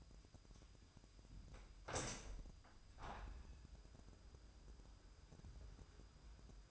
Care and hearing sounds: daily activity, microphone in the room; open window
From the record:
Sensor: 2

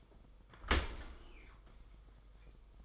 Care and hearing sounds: daily activity, microphone in the room; open dishwasher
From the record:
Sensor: 5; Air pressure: 990.6 hPa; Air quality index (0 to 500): 163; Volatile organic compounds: 286 ppm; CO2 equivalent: 4449 ppm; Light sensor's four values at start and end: 37/113/44/47 and 37/115/44/47

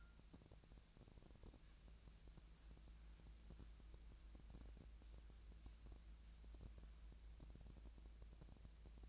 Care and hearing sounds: daily activity, microphone in the room; wipe stove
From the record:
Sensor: 2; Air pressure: 1000.4 hPa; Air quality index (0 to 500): 158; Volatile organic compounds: 2 ppm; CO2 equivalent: 1314 ppm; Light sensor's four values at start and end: 10/23/10/10 and 10/23/10/10

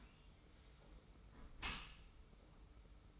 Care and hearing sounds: daily activity, microphone in the room; close dishwasher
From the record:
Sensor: 1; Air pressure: 991.3 hPa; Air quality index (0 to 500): 123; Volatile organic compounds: 253 ppm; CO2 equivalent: 4368 ppm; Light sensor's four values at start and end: 41/127/50/52 and 41/126/50/52

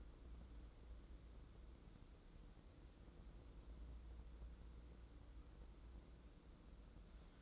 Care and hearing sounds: daily activity, microphone in the room; wipe stove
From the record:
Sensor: 3

